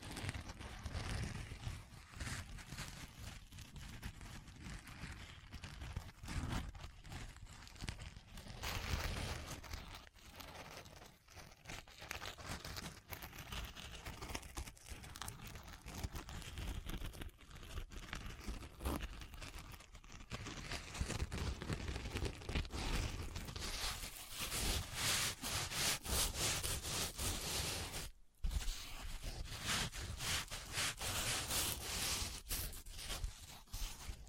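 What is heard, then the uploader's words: An assortment of crinkling, rustling and tapping triggers with no talking, dense and busy, growing louder after twenty seconds, briefly pausing near twenty-eight. Christmas Trigger Assortment (No Talking).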